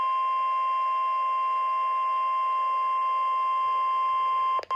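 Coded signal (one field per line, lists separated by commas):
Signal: Emergency Alert System (SAME) tones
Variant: 1050 Hz attention tone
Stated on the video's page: NOAA Weather Radio broadcast of a severe thunderstorm watch.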